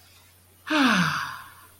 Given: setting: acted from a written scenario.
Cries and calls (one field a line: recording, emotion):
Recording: vocal sound without words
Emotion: serenity